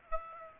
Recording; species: mosquito wingbeat signal from an infrared sensor; Aedes aegypti